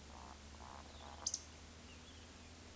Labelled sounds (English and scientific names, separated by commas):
Eurasian Woodcock (Scolopax rusticola) whistle, Eurasian Woodcock (Scolopax rusticola) croak